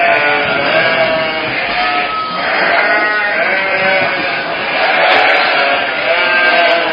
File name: Sheep